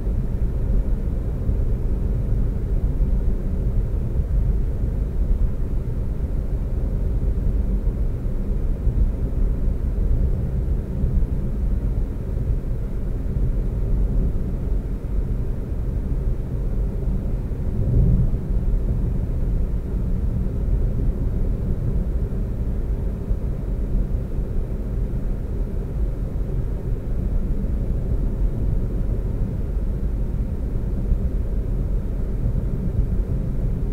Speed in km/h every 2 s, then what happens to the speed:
69, 69, 66, 66, 66, 66, 66, 66, 66, 66, 66, 66, 66, 66, 66, 66, 66.
0-34 steady at about 66.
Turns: none.